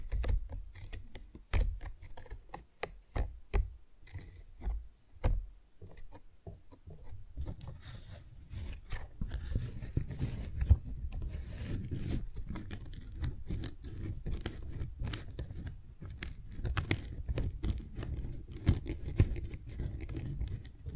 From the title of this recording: Tingly Flower Sounds